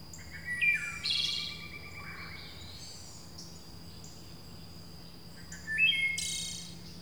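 Birds chirping in short bright bursts, a sharp flurry near the start and another near the end, with a steady high whine running underneath.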